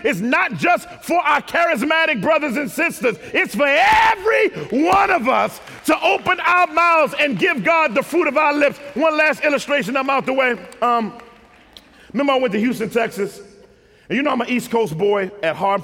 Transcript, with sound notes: It's not just for our charismatic brothers and sisters, it's for every one of us to open our mouths and give God the fruit of our lips! [applause] One last illustration, and I'm out the way. I went to Houston, Texas, and you know, I'm an East Coast boy at heart;